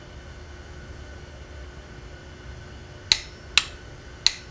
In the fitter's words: there's our click